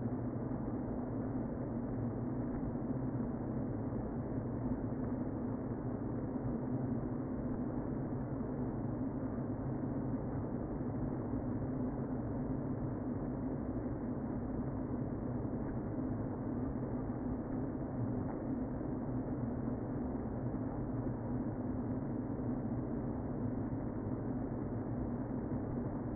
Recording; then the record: honeybee colony, microphone inside the hive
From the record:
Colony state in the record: queen present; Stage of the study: before two queens were removed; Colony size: about 60,000 bees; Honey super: yes